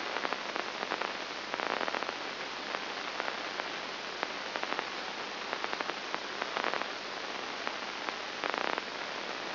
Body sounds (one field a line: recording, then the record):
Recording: brain microelectrode recording played as sound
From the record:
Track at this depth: inside the subthalamic nucleus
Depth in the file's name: 1.704 mm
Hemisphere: left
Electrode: 2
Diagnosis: Parkinson's disease